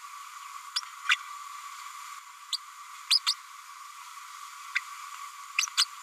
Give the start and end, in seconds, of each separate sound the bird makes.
1.08-1.16, 2.52-2.58, 3.10-3.20, 3.26-3.34, 4.75-4.80, 5.58-5.67, 5.77-5.85